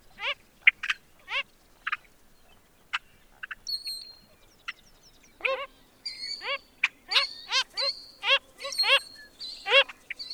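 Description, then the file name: Wilson's phalarope, short nasal call notes, sparse at first then a dense run of quick upslurred grunts, mixed with thin high whistles. "Wilsons Phalarope - Phalaropus tricolor"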